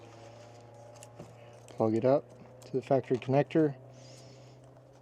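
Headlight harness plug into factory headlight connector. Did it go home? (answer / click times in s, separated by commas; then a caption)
no / none. An Auxbeam LED headlight cable's harness plug is picked up and brought to the factory headlight connector on a 2025 diesel Jeep Gladiator JT, lined up before being plugged in. Someone talks over a steady low hum, with a couple of faint handling taps. Nothing has seated or clicked yet.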